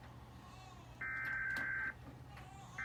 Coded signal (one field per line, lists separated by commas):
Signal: Emergency Alert System (SAME) tones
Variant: header bursts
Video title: Rating eas alarms again